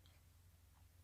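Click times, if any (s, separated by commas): none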